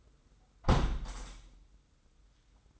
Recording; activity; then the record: daily activity, microphone in the room; close window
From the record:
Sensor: 3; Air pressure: 990.3 hPa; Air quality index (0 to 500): 185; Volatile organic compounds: 1000 ppm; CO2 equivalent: 6017 ppm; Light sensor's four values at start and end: 33/78/31/29 and 34/79/32/30